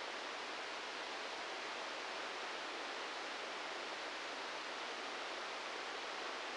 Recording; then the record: brain microelectrode recording played as sound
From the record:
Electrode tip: inside the subthalamic nucleus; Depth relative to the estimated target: 0 mm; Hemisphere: right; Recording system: NeuroSet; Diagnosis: Parkinson's disease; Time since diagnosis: 8 years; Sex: male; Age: 58 years